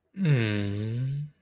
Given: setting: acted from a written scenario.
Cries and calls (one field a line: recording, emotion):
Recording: vocal sound without words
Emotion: sympathy